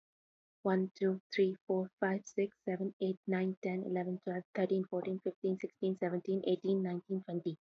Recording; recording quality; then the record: counting at a fast pace; excellent, no background noise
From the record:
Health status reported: healthy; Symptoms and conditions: none ticked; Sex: female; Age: 25 years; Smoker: not ticked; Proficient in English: yes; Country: India